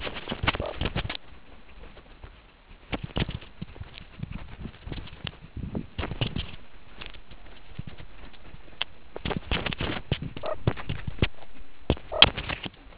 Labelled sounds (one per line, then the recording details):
meerkat close call
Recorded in the Kuruman River Reserve, South Africa
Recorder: an audio tag on a meerkat's collar